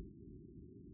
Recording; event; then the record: neck accelerometer signal played as sound; no cough (speech, laughter, throat clearing or background)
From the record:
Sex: male